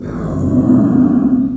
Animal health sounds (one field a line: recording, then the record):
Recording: squeal of a Yucatan mini pig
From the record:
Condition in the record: after surgery on the right vocal fold (resection and tissue-engineered implant)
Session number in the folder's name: 5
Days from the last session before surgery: 33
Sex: female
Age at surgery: 19 weeks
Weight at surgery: 25 kg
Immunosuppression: prednisolone